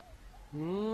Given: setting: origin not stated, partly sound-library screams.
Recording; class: one-second piece from a danger detection set; normal situation